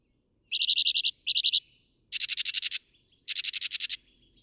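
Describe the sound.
Northern mockingbird singing four short buzzy, rattling bursts, each a rapid trill of harsh notes, with brief pauses between them.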